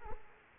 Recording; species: mosquito wingbeat signal from an infrared sensor; Culex quinquefasciatus